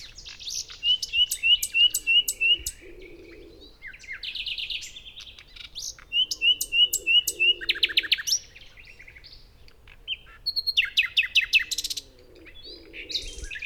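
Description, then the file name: Common nightingale singing in rich bursts, including series of repeated rising whistles and fast high trills, separated by short pauses, over a faint low purring background. "Luscinia megarhynchos"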